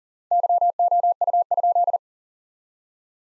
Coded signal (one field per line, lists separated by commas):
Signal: Morse code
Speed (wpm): 40 wpm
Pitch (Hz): 700 Hz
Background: none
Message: YOU?